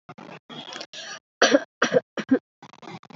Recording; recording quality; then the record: shallow voluntary cough; excellent, no background noise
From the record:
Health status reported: COVID-19 positive, mild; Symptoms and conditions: cold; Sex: female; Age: 23 years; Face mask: not worn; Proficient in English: no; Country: India